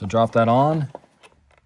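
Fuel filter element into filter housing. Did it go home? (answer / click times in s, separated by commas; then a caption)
no / none. A new fuel filter element for a 2017+ Ford Super Duty 6.7 Powerstroke diesel is dropped onto its filter housing while someone talks. Faint handling taps follow at about 1.6 s and 1.7 s. The filter has not been slid over and has not locked into place yet.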